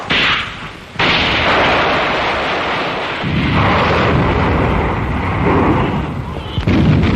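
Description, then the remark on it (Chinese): Heavy artillery fire of an army's general offensive at Fenghuang Mountain rumbles on without pause, a dense barrage of booming blasts and crackling bursts that stays loud from start to finish, with sharp onsets marking new volleys. “这时候传来了凤凰山我军开始总攻的炮声，摩天岭山下国民党张军长更加急了。”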